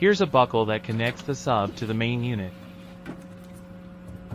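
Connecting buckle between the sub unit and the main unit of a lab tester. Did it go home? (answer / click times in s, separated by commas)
yes / 3.1 s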